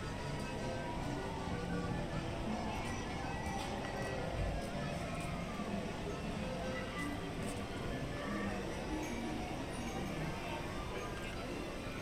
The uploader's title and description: Disneyland Park Binaural Walk Through. A relaxing audio journey through Disneyland park in Anaheim, California.